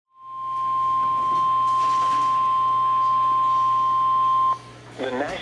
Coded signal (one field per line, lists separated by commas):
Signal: Emergency Alert System (SAME) tones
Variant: 1050 Hz attention tone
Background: speech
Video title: (EAS #453) Severe Thunderstorm Watch (KEC55)